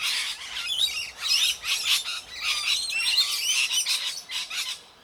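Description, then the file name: Parrots calling: continuous raucous squawks and rasping chatter from several birds, with hardly a pause throughout. Several parrots in a tree. "oroborosnz parrots-in-tree"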